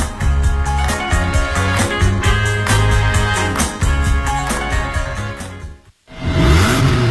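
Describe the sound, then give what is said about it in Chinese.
A driving, beat-heavy music jingle opening a car radio program plays, then cuts out abruptly before a car engine revs loudly, its pitch sweeping up and down. “加足马力，准备进入潮流座驾快车通道。”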